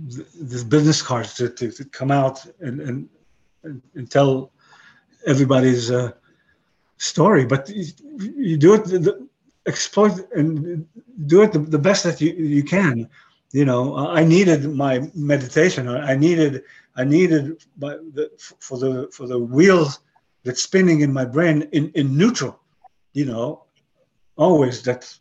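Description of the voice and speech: Halting adult male speech with many pauses, restarts and repeated words, fitting non-fluent aphasia after a stroke.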